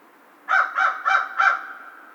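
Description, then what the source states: American crow calling four harsh, nasal caws at a steady pace, then the sound fades away. Recorded 2 March 2010.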